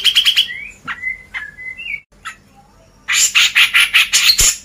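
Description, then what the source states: Grey-cheeked bulbul song opens with rasping bursts, then clear whistled notes at mid pitch, a short quiet gap, and a final run of loud, harsh, rhythmic chatter. Masteran: training recording for cage birds.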